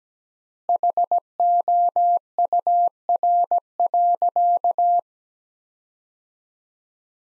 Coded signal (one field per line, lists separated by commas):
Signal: Morse code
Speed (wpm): 17 wpm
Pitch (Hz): 700 Hz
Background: none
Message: HOUR.